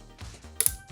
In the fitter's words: jusqu'àatt que tu entendes le petit clic.